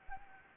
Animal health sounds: mosquito wingbeat signal from an infrared sensor; Anopheles arabiensis

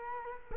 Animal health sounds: mosquito wingbeat signal from an infrared sensor; Culex quinquefasciatus

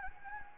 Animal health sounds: mosquito wingbeat signal from an infrared sensor; Anopheles gambiae

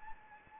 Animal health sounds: mosquito wingbeat signal from an infrared sensor; Anopheles gambiae

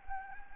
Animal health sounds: mosquito wingbeat signal from an infrared sensor; Anopheles gambiae

